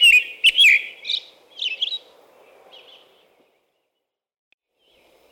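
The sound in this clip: American robin giving a few whistled song phrases that grow softer and fade, followed by near silence.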